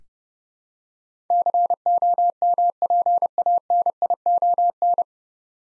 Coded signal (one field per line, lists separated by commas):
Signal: Morse code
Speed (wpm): 32 wpm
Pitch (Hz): 700 Hz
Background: none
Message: COMPANION